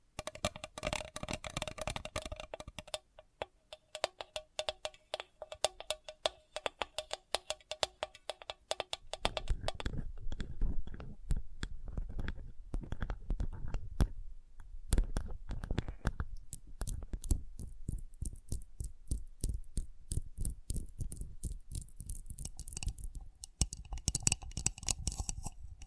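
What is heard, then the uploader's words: Sensitive tapping in quick, irregular bursts of sharp clicks and taps, dense throughout. The first nine seconds are lighter and brighter, then the taps turn heavier with a thumping low body, pausing briefly around 15 seconds before the rapid tapping resumes. Sensitive Tapping.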